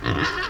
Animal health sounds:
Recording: contact call of a hoofed animal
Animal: wild boar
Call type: grunt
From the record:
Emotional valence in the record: negative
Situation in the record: naturally occurring agonistic interactions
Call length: 0.49 s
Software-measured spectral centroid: 2180 Hz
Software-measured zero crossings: 2680 a second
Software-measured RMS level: -24 dBFS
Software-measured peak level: -9 dBFS

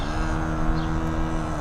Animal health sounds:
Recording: contact call of a hoofed animal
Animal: cattle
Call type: low-frequency (closed-mouth) or high-frequency (open-mouth) call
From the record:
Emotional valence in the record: negative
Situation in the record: full separation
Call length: 1.61 s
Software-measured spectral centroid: 1600 Hz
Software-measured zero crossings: 980 a second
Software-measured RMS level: -24 dBFS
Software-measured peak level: -12 dBFS

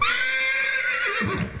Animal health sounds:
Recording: contact call of a hoofed animal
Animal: horse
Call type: whinny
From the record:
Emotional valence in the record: negative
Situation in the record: group separation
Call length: 1.60 s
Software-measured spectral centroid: 2420 Hz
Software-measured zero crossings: 3480 a second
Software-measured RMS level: -24 dBFS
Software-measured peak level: -10 dBFS

